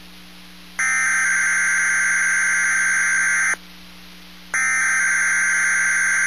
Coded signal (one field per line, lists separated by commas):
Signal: Emergency Alert System (SAME) tones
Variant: header bursts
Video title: Skyporn Alert Canada